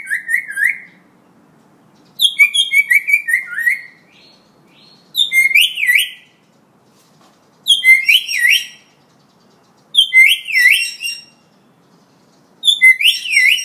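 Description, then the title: Hill myna gives bright whistled phrases of bouncing, sliding notes in short bursts, repeated with quiet gaps between. Vocal ('gacor') hill myna; tutor audio (masteran) for training birds. "Suara Burung Beo Gacor Cocok Untuk Masteran"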